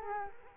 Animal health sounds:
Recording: mosquito wingbeat signal from an infrared sensor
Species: Culex quinquefasciatus

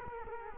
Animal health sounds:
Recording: mosquito wingbeat signal from an infrared sensor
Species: Culex quinquefasciatus

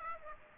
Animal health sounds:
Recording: mosquito wingbeat signal from an infrared sensor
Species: Aedes aegypti

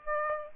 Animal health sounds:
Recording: mosquito wingbeat signal from an infrared sensor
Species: Aedes aegypti

